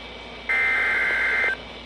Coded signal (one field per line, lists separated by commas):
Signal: Emergency Alert System (SAME) tones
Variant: header bursts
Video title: EAS #2975-2978 Severe Thunderstorm Warning 6-22-24